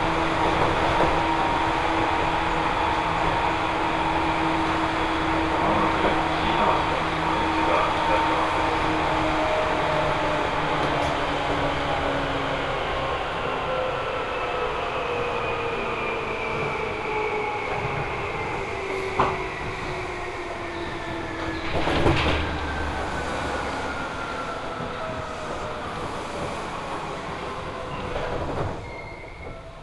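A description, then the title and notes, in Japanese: A Seibu Ikebukuro Line local train runs from Ikebukuro toward Kiyose, its steady rumble filling the whole clip. Several whining tones slowly glide downward as the train slows, and a few sharp clanks and thumps stand out around 19 and 22 seconds. 西武池袋線普通 池袋→清瀬。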